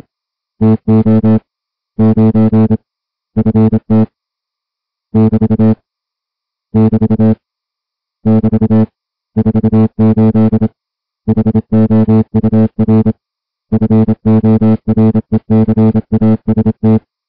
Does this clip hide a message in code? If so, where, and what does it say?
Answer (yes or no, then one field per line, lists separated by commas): yes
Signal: Morse code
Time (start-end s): 0.6-17.0 s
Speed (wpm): 27 wpm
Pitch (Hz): 220 Hz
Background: music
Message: TO 9 FT <BT> <BT> <BT> 48 HOUR FORECAST